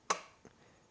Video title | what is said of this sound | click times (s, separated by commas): Can Am Ryker LED Headlight Upgrade | hopefully you heard that snap so that's the ring snapping out of place and that's what holds the bulb in | 0.1 s